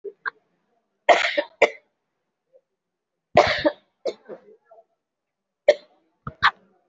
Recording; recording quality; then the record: shallow voluntary cough; excellent, no background noise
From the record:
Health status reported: COVID-19 positive, moderate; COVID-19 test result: positive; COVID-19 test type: RT-PCR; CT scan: taken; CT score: 2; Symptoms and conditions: breathing difficulty, another respiratory illness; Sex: female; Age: 78 years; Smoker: no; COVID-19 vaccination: one dose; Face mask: worn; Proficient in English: no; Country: India